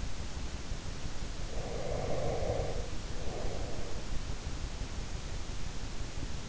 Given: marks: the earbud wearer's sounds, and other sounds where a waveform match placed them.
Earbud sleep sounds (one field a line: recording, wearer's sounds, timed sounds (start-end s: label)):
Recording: sounds in sleep by an in-ear microphone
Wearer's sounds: breath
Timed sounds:
1.11-4.38 s: breath